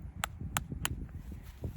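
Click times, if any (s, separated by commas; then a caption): 0.2 s, 0.6 s, 0.9 s. The strap of a Kore Essentials Garrison ratchet belt is pushed into its ratchet buckle to tighten it. The track teeth engage with three sharp, bright clicks at 0.2, 0.6 and 0.9 seconds, over a low rumbling background with a few much fainter ticks. The belt seats and tightens as intended.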